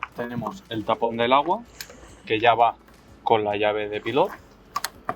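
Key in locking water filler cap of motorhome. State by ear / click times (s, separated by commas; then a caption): released / 4.8 s, 4.9 s, 5.1 s. Someone talks, then a key is turned a quarter turn in the locking water filler cap on the exterior of a Pilote P726 Expression motorhome, a cap opened with the Pilote key. Short sharp clicks sound at 4.8, 4.9 and 5.1 seconds as the cap lock releases and unlocks.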